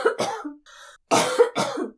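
An adult woman with allergies coughs.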